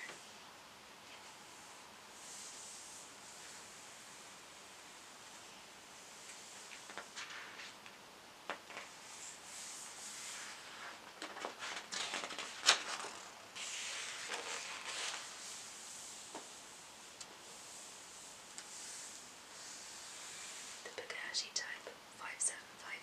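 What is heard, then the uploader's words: Paper pages turn and rustle in soft bursts over quiet hiss, with a sharp crisp flick near the middle and busier handling toward the end. Page Turning, Softly Spoken. The general soft speech and page-turning.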